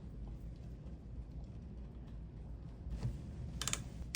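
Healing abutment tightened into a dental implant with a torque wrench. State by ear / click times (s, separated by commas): torque reached / 3.6 s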